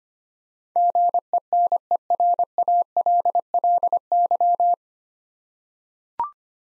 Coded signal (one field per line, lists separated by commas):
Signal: Morse code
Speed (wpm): 25 wpm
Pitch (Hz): 700 Hz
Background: none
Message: GENERALLY